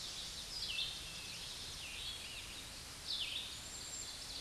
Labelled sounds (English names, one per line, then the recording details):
Red-eyed Vireo song
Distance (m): 30 m
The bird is about 10 m above the microphone
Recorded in a Pennsylvania forest on 16 May 2024 at 09:03
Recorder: AudioMoth, point MSD-2146
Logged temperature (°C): 16.7 °C
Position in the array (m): 150 m, 27 m